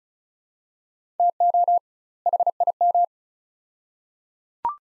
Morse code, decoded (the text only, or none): TO HIM